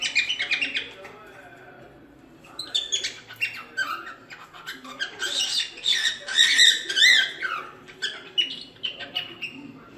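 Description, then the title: Cockatiel whistling and chattering: a burst of warbled notes, a short pause, then several phrases of rising and falling chirps, densest in the middle. "Calopsitas Cantando Assobio"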